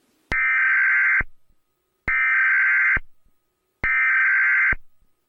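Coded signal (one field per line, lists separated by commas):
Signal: Emergency Alert System (SAME) tones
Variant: header bursts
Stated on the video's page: Compilation of EAS alarms from every country.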